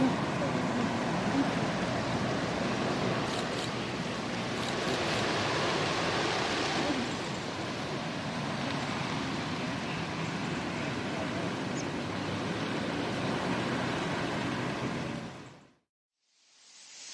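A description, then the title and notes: Wind and surf fill a coastal dune landscape with a dense, steady rush that holds nearly level for about fifteen seconds. A few faint, brief clicks rise above it early on, then the sound cuts to silence near sixteen seconds before returning briefly. The hidden sounds of the coastal dunescape at Studland Nature Reserve, UK.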